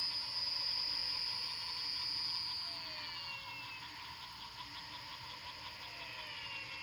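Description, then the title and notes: Frogs calling in a dense chorus of fast, regular high-pitched pulses, nearly four a second, layered with steady whining tones and faint sliding notes. Frog chorus recorded at night after rain in Fortín Arce, Luque, Paraguay. "Fortín Arce, Luque 110917, Paraguay - sonidos de ranas después de la lluvia. grabación nocturna de las ranas"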